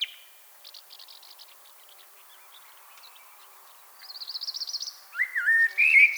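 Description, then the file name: Common blackbird song: faint scratchy notes, then a fast buzzy trill, ending in low fluty whistled phrases mixed with high twittering. "Turdus merula"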